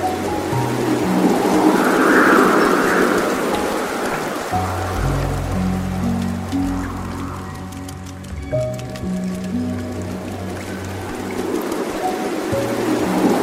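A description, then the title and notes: Slow, soft piano notes with long sustained low tones float over a steady hiss of flowing water, a few brighter notes ringing out midway. A dreamy mix of relaxing piano music and the gentle sounds of a soft water stream. The calming sounds of a waterfall.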